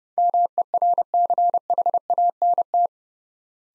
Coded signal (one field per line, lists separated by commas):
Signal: Morse code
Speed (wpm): 28 wpm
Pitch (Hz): 700 Hz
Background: none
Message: MERCHANT